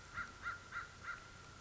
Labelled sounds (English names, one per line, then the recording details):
American Crow
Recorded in Sonoma County, California